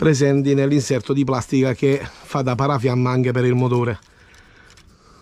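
The plastic landing gear of a Radiolink A560 v2 RC foam plane is handled while being slid into the two rails on the plastic insert that also acts as the motor firewall. Someone talks for about the first four seconds, then only faint low background noise remains. Nothing has seated or clicked yet.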